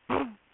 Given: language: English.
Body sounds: throat vibration sensor signal played as sound; throat clearing

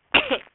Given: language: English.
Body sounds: throat vibration sensor signal played as sound; cough

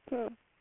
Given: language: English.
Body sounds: throat vibration sensor signal played as sound; speech

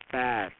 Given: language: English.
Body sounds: throat vibration sensor signal played as sound; speech

